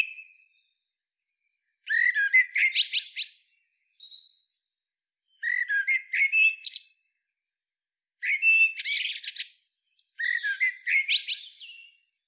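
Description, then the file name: Eurasian blackbird singing four phrases, each a mellow whistled opening that ends in high, scratchy twittering notes. "Turdus merula"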